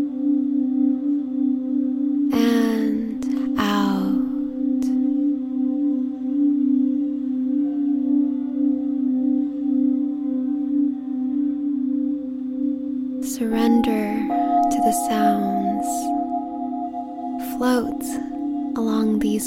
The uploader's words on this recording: Sound Healing Guided Meditation ft. Leeor Alexandra on Singing Bowls. Leeor is on the crystal singing bowls, while I will be lightly guiding the meditation.